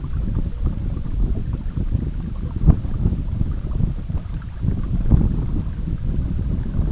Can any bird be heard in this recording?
no